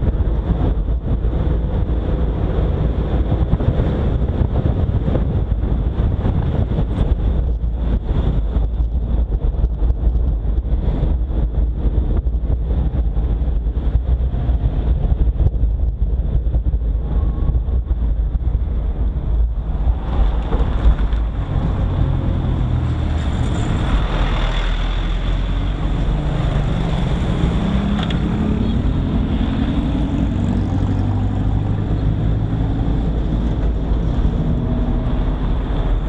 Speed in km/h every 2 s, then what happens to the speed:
50, 50, 48, 47, 43, 40, 36, 31, 24, 17, 10, 7, 6, 3, 2, 0, 0, 0.
0-27 slows to 2. 27-36 standing.